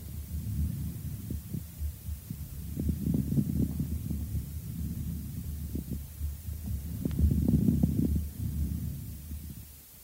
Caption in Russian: Влажные разнокалиберные незвонкие хрипы, определяемые на фоне жесткого дыхания. Сначала в проекции левого легкого.